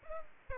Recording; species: mosquito wingbeat signal from an infrared sensor; Aedes aegypti